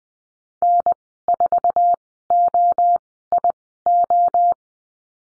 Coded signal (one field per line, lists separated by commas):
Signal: Morse code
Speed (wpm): 20 wpm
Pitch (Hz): 700 Hz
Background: none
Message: N4OIO